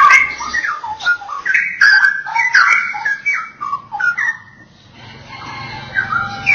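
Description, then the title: Oriental magpie-robin song: continuous sweet whistles mixed with harsher notes, fading into a quieter stretch with faint low hum before resuming. "Kicau Kacer"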